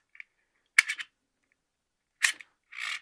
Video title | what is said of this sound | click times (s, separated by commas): How to setup & balance the all new -DJI-RONIN-RS 3 GIMBAL for complete beginner"s guide ! #youtube | ఇది fix అయిపోయిందంటే ఆటోమేటిక్గా అది lock అయిపోతుంది, ఇక బయటకు రాదు ఎంత వేసినా. | 0.8 s